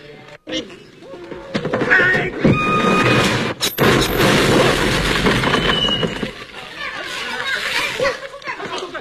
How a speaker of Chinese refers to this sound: 音箱怎么掉？这音箱怎么会掉下来？楼上干嘛呢？